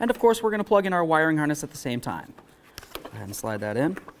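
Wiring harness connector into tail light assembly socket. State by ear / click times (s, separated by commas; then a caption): not seated / none. Someone talks while a wiring harness plug is handled and lined up with the plastic socket of a tail light assembly on a 1988–2004 Chevy K1500 truck, with the assembly's hook tabs set to slide into the truck body. Only faint handling noise is heard under the speech, and nothing has seated or clicked yet.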